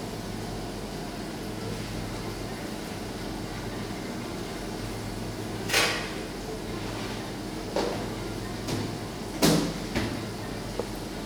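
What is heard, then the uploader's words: Coffee shop on a rainy evening: a steady low hum and soft hiss, broken by sharp knocks and clatters near six, eight and nine seconds. Captured in a coffee shop on a dark evening, rain is falling outside.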